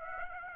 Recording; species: mosquito wingbeat signal from an infrared sensor; Aedes aegypti